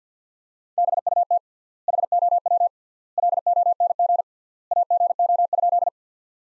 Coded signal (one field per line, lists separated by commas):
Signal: Morse code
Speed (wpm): 50 wpm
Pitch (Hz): 700 Hz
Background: none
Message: BUT HOW LONG AGO?